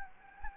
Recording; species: mosquito wingbeat signal from an infrared sensor; Anopheles gambiae